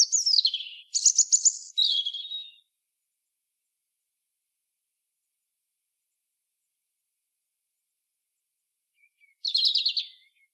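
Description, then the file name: European robin song: three bright warbled phrases in quick succession, a long pause, then one more twittering phrase. "Erithacus rubecula"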